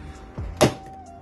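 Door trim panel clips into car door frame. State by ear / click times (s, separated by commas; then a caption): seated / 0.6 s. A plastic front driver door trim panel on a 2015 Chevrolet Tahoe is struck by hand after being lined up, so its retaining clips lock into the metal door frame. A softer thump comes at about 0.4 s, then a sharp, strong hit at 0.6 s as the clips snap home and the panel seats.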